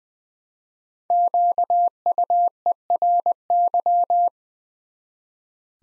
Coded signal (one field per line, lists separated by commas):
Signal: Morse code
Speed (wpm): 20 wpm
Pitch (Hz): 700 Hz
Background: none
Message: QUERY